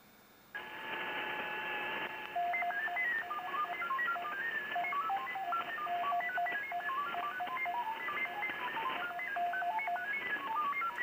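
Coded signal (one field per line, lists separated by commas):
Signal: FT8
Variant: SuperFox mode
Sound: rapid stepping single tone jumping across many pitches, like random melodic beeps, over hiss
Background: radio static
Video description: A second FT8 QSO with the Jarvis Island DXpedition, this time on 20 Meters.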